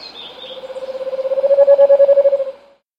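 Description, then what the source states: Scaled antpitta call: a low hollow rapid series of notes, steadily growing louder and slightly rising in pitch for over two seconds before stopping abruptly. South America.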